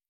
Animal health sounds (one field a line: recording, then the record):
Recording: hydrophone in a shrimp aquaculture tank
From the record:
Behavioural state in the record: stressed